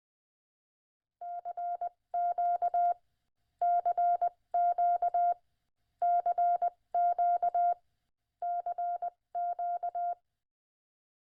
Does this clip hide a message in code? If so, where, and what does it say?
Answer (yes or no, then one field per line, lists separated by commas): yes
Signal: Morse code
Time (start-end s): 1.2-10.1 s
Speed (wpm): 20 wpm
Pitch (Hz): 700 Hz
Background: none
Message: CQ CQ CQ CQ